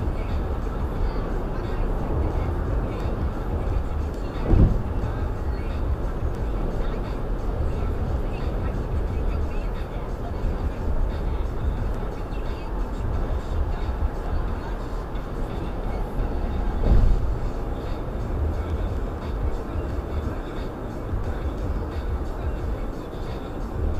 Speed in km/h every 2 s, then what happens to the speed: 116, 116, 116, 116, 116, 116, 111, 108, 105, 103, 100, 97.
0-10 steady at about 116. 10-24 slows to 97.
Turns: none.